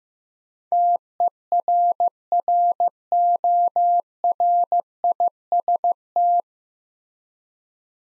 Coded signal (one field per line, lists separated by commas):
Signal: Morse code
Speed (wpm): 15 wpm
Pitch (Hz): 700 Hz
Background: none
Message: TERRORIST